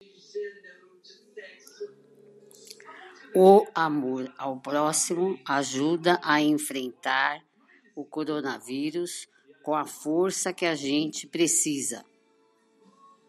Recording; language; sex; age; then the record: spoken sentence; Brazilian Portuguese; female; 70 to 79 years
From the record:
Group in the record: control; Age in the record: 71 years